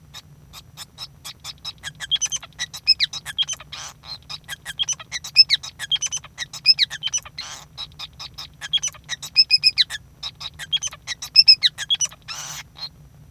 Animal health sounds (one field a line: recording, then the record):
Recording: song of a male Bengalese finch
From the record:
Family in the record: son of father 5